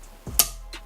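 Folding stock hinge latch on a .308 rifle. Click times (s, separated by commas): 0.4 s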